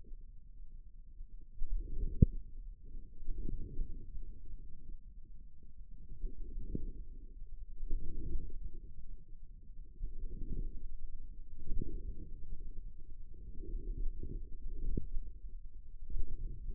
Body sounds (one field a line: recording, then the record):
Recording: forearm muscle sounds (acoustic myography)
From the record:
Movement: inward rotation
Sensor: system 2, bracelet of six BSWA MPA416 microphones around the upper forearm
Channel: 4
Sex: male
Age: 22 years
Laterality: right